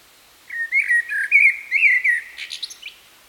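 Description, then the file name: Common blackbird song phrase of rich, wavering flute-like whistles, closing with a brief burst of high, squeaky notes. "Turdus merula"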